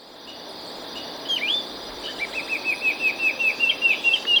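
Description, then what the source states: Yellow-cheeked becard call: one dipping whistle, then a rapid string of short rising notes growing slightly louder, with constant insect buzz behind. Recorded in Ecuador; the bird is also called green-backed becard.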